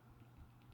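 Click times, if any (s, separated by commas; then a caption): none. A tight plastic joint piece of an SHF Bardock action figure is handled and pushed toward its socket directly, without the heating it was expected to need. Only a steady low hum and faint soft handling noise are heard, with no sharp transients. Nothing has seated or clicked yet.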